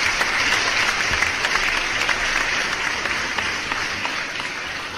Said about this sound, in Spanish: Este aplauso es para ustedes por haber terminado con éxito el primer momento que hago.